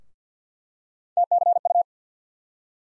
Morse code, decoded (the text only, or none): TCU